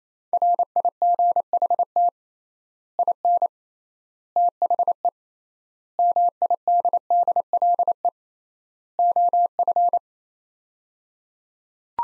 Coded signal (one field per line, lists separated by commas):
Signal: Morse code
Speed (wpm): 28 wpm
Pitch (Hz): 700 Hz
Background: none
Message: RIGHT IN THE MIDDLE OF